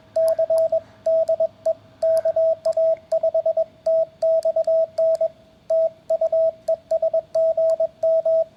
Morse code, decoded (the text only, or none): C DE KA5TXN TU ES GM